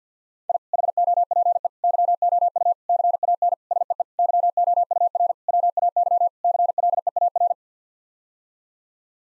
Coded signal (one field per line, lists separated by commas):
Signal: Morse code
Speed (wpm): 49 wpm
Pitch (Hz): 700 Hz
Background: none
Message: I HOPE YOU CAN SEE YOUR WAY CLEAR